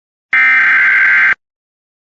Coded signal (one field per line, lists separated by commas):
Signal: Emergency Alert System (SAME) tones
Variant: header bursts